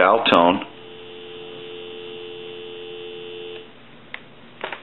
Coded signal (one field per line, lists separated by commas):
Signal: telephone call progress tone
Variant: North America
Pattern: dial tone